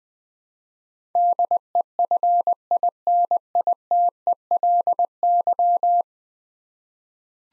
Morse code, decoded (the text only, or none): DEFINITELY